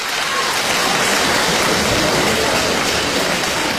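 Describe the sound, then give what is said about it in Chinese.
A dense wash of audience applause for a xiangsheng (crosstalk) performance of "Laodong Haozi" by Li Yinfei and Ye Peng, many hands clapping at once in a steady, loud roar that holds evenly for a few seconds without any voices over it. “感谢您各位的掌声， 谢谢各位。”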